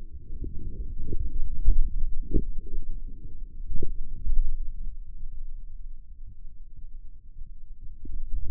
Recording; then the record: forearm muscle sounds (acoustic myography)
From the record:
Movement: wrist extension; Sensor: system 2, bracelet of six BSWA MPA416 microphones around the upper forearm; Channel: 4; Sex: male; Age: 22 years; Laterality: right